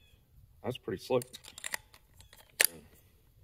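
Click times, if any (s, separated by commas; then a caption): 2.6 s. Someone talks while fitting a bi-metal Diablo hole saw from a new set onto its quick-change arbor. A sharp metallic snap at 2.6 s, with a brief ringing tail, marks the hole saw seating onto the arbor.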